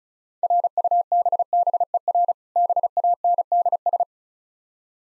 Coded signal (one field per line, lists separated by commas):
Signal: Morse code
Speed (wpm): 36 wpm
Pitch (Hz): 700 Hz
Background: none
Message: RUBBER BANDS